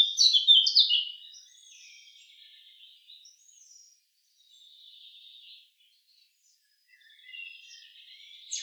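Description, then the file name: Eurasian blackcap song, a bright burst of warbling in the first second followed by faint, thin twittering with quiet gaps. "Sylvia atricapilla"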